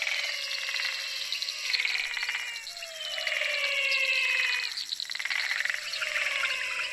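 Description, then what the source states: Frog calls: a dense chorus of trilling and swooping whistled notes overlapping in rapid succession, over a steady high buzz. Recorded in Mato Grosso.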